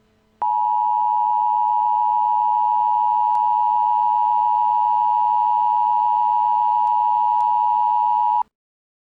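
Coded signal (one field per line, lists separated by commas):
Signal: Emergency Alert System (SAME) tones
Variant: 853 and 960 Hz attention tone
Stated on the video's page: Entirely fictional alert scenario that would not happen in real life.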